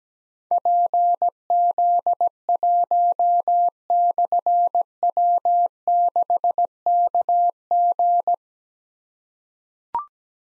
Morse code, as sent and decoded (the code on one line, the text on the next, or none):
.--. --.. .---- -..-. .-- -.... -.- --.
PZ1/W6KG